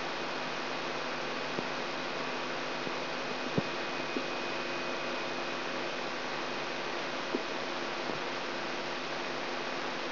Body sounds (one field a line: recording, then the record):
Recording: brain microelectrode recording played as sound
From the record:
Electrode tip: outside the subthalamic nucleus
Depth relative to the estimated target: 3.5 mm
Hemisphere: right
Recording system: AlphaMap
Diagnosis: Parkinson's disease